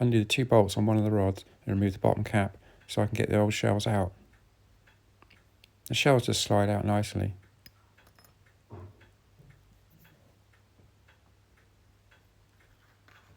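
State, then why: Not seated. Someone talks while working on a Norton Nemesis V8 engine, undoing the two bolts on a connecting rod and removing the bottom cap to slide out the old big end bearing shells, with a few faint small clicks and taps of handling after the speech. A new steel big end bearing shell is being handled toward the conrod bottom cap, but nothing has seated or clicked yet.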